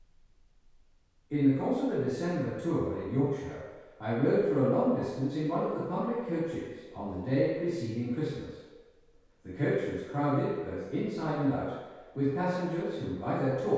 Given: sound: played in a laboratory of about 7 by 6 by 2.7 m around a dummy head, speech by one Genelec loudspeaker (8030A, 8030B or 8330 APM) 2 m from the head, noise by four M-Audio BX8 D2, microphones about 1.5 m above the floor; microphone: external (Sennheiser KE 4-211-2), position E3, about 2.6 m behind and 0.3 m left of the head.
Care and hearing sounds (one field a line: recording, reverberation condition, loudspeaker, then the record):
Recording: male speech in English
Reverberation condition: high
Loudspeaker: 120 degrees to the right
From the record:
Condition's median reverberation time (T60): about 1300 ms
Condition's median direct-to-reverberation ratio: about -4.0 dB